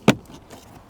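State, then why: Seated. On a Ford Maverick, the popped-off end of a hood gas lift strut (piston) is pushed back onto its ball stud mount. It seats with one sharp snap at 0.1 s, followed by a faint tap and low background noise. The strut end is back in place.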